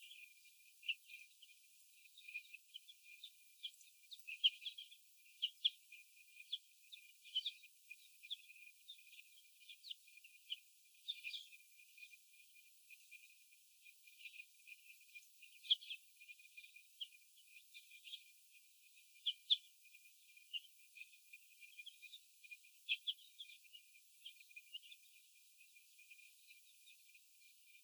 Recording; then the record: young laying hens in a cage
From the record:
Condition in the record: before the stressor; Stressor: sudden umbrella opening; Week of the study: 2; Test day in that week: 1